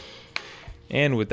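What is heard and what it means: A torque wrench set to 65 ft-lb tightens the original steel oil pump mounting bolt, oiled on the threads and under the head, into the main cap of a 454 engine block. A single sharp, short click sounds at 0.4 s as the wrench reaches its setting, and then someone talks.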